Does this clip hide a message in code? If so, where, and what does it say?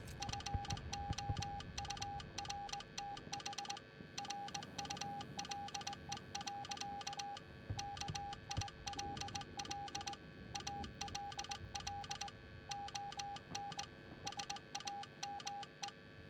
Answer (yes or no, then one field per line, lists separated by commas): yes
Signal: Morse code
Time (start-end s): 0.2-15.9 s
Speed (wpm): 19 wpm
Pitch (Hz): 810 Hz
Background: none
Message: FOURTH RULE. KILL ALL ON SAME